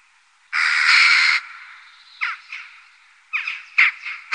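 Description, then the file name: Jackdaw calls: one long, grating squawk followed by several shorter, clipped, hoarse notes spaced irregularly over a few seconds. "Kaja"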